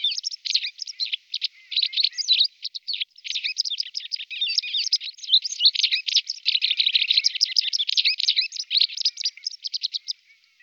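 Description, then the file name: White wagtail giving a fast, dense run of high chirps and twitters, several notes per second with brief pauses near the start, and no other sounds. "Konipas bily Motacilla alba"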